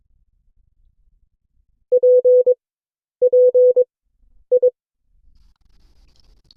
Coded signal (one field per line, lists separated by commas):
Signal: Morse code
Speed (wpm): 22 wpm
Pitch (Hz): 500 Hz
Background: none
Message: P P I